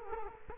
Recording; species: mosquito wingbeat signal from an infrared sensor; Culex quinquefasciatus